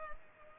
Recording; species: mosquito wingbeat signal from an infrared sensor; Culex pipiens